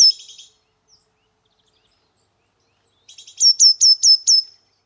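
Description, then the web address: Eurasian blue tit giving buzzy churrs, then after a pause of about two and a half seconds a brief churr and a rapid series of five high, sliding notes. "cianscape birddata Deverinetal 2025 File origin Bird Only Cy Ca"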